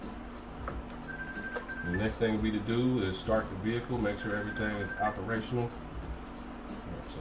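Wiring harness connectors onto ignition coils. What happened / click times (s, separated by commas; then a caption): The connectors latched home / 0.7 s, 1.6 s. Plastic wiring harness connectors are reconnected onto the ignition coils of a 2014 Hyundai Elantra 1.8L during a tune-up and spark plug replacement, with their locking tabs pushed down. Two short clicks are heard at 0.7 s and 1.6 s as the connectors latch home and seat, and then someone talks.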